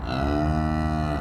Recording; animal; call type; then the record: contact call of a hoofed animal; cattle; low-frequency (closed-mouth) or high-frequency (open-mouth) call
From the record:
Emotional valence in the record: negative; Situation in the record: full separation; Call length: 1.22 s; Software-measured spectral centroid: 1460 Hz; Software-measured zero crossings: 1060 a second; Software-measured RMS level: -24 dBFS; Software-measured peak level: -12 dBFS